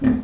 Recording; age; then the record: pig call; growing-finishing pig (85 days or more)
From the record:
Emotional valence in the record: positive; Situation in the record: enriched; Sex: female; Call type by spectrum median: low-frequency call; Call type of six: low-frequency stable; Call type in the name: low-frequency stable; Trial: 2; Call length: 0.24 s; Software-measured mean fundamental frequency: 43 Hz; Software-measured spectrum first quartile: 215 Hz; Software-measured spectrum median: 256 Hz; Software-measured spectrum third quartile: 325 Hz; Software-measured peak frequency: 251 Hz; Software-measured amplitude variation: 185 dB a second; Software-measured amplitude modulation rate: 18.8 a second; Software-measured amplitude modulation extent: 9.9 dB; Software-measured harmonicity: 7.5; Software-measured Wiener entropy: -1.18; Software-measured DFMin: 707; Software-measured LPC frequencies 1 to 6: 267, 944, 1795, 2396, 3270, 6220 Hz